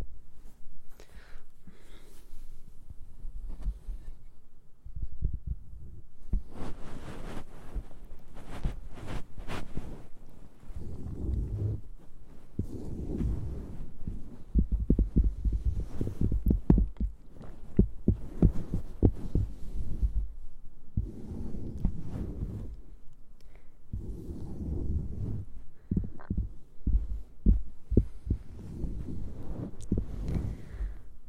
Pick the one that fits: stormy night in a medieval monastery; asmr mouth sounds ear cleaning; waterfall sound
asmr mouth sounds ear cleaning